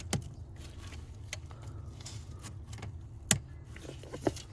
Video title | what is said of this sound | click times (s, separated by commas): HOW TO INSTALL STEERING WHEEL POSITION ANGLE SENSOR ON A 2007 - 2013 CHEVY SILVERADO | You hear that click, | 3.3 s